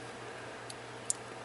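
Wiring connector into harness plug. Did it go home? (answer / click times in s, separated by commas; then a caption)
yes / 1.1 s. A wiring connector for an LED daytime running light kit on a 2012-2015 Toyota Tacoma is lined up with its tabs facing up and pushed into the harness plug. Over a steady background hiss and low hum, a faint tick comes at 0.7 s, then a sharp, bright click at 1.1 s. The connector is seated and locked in.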